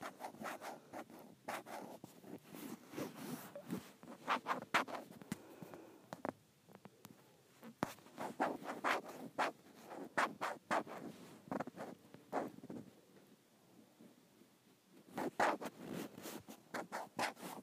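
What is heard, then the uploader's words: Dry scratching and rubbing on a tablet case in quick irregular bursts, with brief pauses around six and thirteen seconds. ASMR Scratching my iPad Case.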